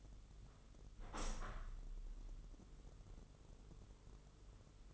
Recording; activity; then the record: daily activity, microphone in the room; open window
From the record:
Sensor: 4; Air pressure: 996.5 hPa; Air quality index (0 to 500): 77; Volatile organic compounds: 3 ppm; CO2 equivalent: 1457 ppm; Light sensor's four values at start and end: 20/53/20/22 and 20/54/21/22